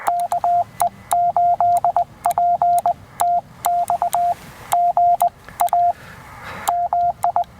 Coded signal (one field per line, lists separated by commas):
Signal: Morse code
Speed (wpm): 19 wpm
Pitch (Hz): 690 Hz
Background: radio noise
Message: KE8PTX GA MI